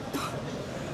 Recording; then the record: coughing mixed with background sound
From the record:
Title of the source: 64 coughing, allergies, singing lungs